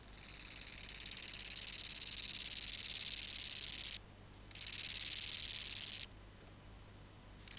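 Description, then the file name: Bow-winged grasshopper song: a long crescendo rasp of about four seconds, a short gap, then a second phrase of about one and a half seconds, high and pulsed. "Chorthippus biguttulus"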